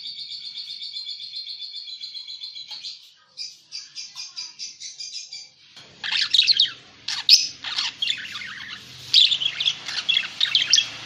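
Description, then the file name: Parakeet opens with an even, pulsed buzzy chirping, then breaks into louder, harsh squawking chatter over a faint low hum. Lure sound used for catching birds. "pancingan suara burung parkit"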